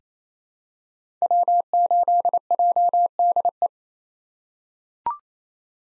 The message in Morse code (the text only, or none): W8JDE